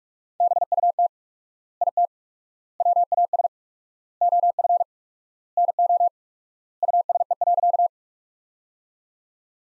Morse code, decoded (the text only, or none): BUT IT WAS OF NO USE.